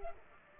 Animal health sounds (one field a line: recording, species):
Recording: mosquito wingbeat signal from an infrared sensor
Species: Culex pipiens